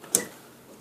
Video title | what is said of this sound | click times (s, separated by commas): Chevy Trailblazer fuel pump change quick video | put your little C clips this one's upside down you just hear it click a little bit if | 0.1 s